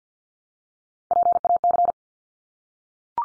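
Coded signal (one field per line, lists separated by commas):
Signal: Morse code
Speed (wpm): 50 wpm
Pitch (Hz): 700 Hz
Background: none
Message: PAC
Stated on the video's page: Morse head-copy drill of ARRL section abbreviations used in Field Day exchanges, at 50 wpm, each sent, then spoken, then sent again.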